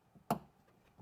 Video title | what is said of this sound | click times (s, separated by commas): Marre de ne pas réussir à fermer les portes de vos Tesla correctement ? Voici la solution! | je clique bien d'accord vous avez peut-être entendu le clic | 0.3 s